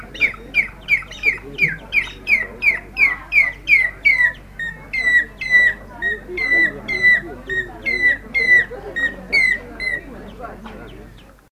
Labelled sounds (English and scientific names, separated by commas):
African Gray Hornbill (Lophoceros nasutus) call